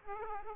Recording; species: mosquito wingbeat signal from an infrared sensor; Aedes aegypti